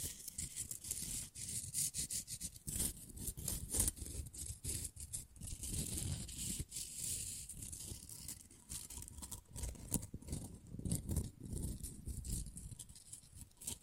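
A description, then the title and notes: Quick, rough strokes of a nail file rasp back and forth, a bright scratchy texture that runs almost without pause. The rhythm is fast and uneven, with short gaps and sharper bursts scattered through, and a low rumble sits underneath. ASMR Manicure Session Fast & Rough Nail Filing + Tapping (No Talking).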